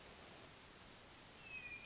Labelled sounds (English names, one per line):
Hermit Thrush